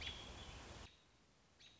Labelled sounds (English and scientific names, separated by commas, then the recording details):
American Robin (Turdus migratorius)
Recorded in Sonoma County, California